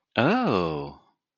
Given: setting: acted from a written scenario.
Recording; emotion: vocal sound without words; interest